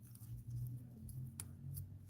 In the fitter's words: See, and I don't know, y'all can't hear the click, but when there's a little click.